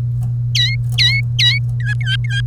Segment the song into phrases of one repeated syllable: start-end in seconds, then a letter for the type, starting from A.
0.55-1.58 A, 1.80-2.41 B